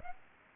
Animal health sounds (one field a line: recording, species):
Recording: mosquito wingbeat signal from an infrared sensor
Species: Aedes aegypti